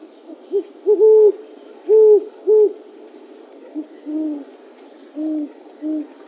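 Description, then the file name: Great horned owl giving deep hoots, several loud, drawn-out ones early, then softer, lower hoots spaced about a second apart. "great horned owl by paul marvin"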